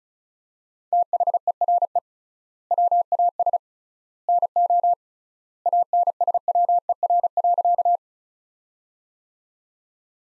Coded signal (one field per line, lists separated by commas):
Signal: Morse code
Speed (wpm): 36 wpm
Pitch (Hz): 700 Hz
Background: none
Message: THERE WAS NO ANSWER.